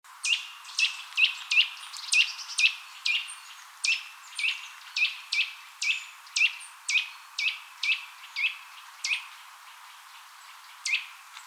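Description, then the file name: Eurasian nuthatch calls: a steady series of short, sharp, high notes about two per second, some doubled, pausing near the end before one last note. "Sitta europaea"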